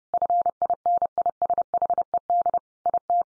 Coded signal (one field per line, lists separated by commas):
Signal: Morse code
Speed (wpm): 30 wpm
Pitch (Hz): 700 Hz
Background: none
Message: FINISHED IT